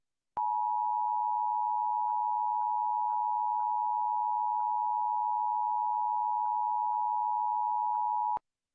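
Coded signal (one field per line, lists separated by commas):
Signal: Emergency Alert System (SAME) tones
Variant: 853 and 960 Hz attention tone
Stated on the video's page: Arizona required monthly test relayed on a TV station.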